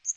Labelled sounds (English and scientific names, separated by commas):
Northern Waterthrush (Parkesia noveboracensis) flight call